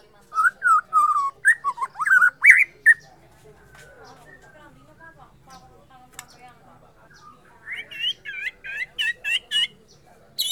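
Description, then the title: White-rumped shama singing loud whistled phrases and harsher notes, falling quiet for several seconds, then returning with a fast series of high repeated notes. Bornean form of the shama (murai Borneo). "MURAI BORNEO MAS KIKI"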